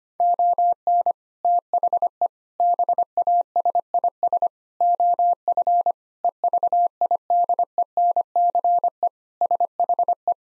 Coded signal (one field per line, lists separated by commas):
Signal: Morse code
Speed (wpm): 25 wpm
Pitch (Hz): 700 Hz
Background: none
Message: ON THE BASIS OF EVIDENCE SHE